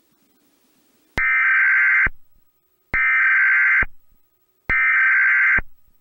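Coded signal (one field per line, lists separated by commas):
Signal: Emergency Alert System (SAME) tones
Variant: header bursts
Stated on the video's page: Fictional EAS scenario of a nuclear disaster in Illinois caused by a tornado.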